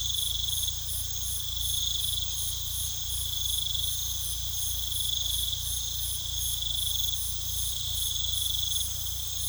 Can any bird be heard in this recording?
no